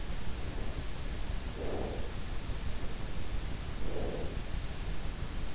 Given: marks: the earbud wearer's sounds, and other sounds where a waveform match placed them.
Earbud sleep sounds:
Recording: sounds in sleep by an in-ear microphone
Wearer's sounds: breath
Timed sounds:
1.33-2.40 s: breath
3.55-4.85 s: breath

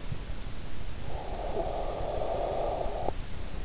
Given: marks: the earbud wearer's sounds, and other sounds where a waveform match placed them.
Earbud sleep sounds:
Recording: sounds in sleep by an in-ear microphone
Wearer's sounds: breath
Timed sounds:
0.76-3.59 s: breath

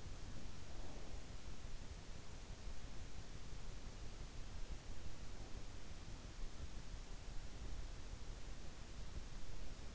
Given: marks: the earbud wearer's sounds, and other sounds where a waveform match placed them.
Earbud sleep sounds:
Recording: sounds in sleep by an in-ear microphone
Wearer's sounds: breath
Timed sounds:
0.00-1.91 s: breath

